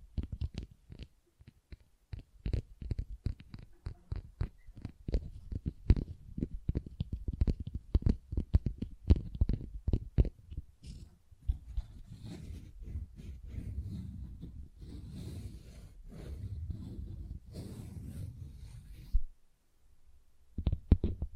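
Tapping and scratching on textured surfaces, starting with quick, dense taps for the first ten seconds. Then the taps give way to a rougher, continuous scratching with sharp, hissy bursts until about nineteen seconds, a short silence, and a few final taps.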